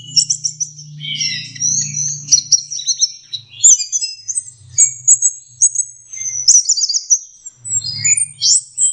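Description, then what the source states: Orange-headed thrush song with stuttered chirps, sliding whistles and fast trilled runs in quick succession, over intermittent low humming. Masteran (training) song of orange-headed thrush.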